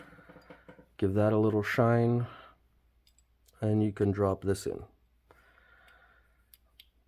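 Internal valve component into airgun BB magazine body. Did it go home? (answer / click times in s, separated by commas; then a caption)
yes / 6.5 s, 6.8 s. A lubricated internal valve part is dropped into a Crosman Full Auto BB magazine body and pressed so it stays centered, while someone talks. Faint small ticks follow after the talking, then the part clicks into place with two sharp clicks at 6.5 and 6.8 seconds, seated.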